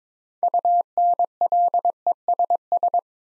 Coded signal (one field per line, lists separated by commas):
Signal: Morse code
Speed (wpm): 22 wpm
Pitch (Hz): 700 Hz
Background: none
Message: UNLESS